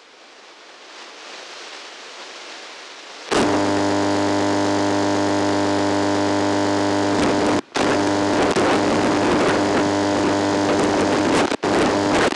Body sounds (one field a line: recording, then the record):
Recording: brain microelectrode recording played as sound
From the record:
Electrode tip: outside the subthalamic nucleus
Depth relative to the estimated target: -6 mm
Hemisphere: left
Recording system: NeuroSet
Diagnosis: Parkinson's disease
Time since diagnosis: 9 years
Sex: male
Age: 61 years